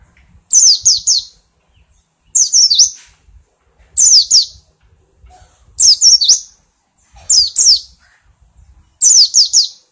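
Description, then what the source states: White-eye repeating a short, high, chirping phrase of three or four slurred notes, about every one and a half to two seconds. Compilation of white-eye singing in the styles called ngalas and ngeroll.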